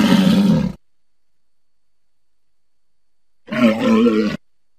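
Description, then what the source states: Walrus uttering two brief, growling roars separated by about three seconds of silence. Said to be recorded in Antarctica.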